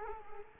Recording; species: mosquito wingbeat signal from an infrared sensor; Culex quinquefasciatus